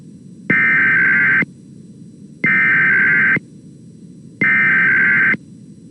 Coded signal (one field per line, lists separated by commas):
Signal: Emergency Alert System (SAME) tones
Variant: header bursts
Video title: EAS 3627-3630: KLOVE EAS Test + Relays